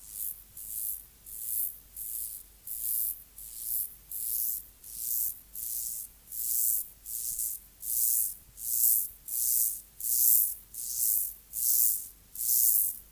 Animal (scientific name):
Myrmeleotettix maculatus